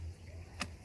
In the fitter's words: and you can see this thing kind of snaps over in place it